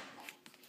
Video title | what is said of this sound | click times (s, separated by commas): Spacep0d's GoPro Helmet ChinBar Camera Setup; 2014 | Okay, you heard that little click. | 0.3 s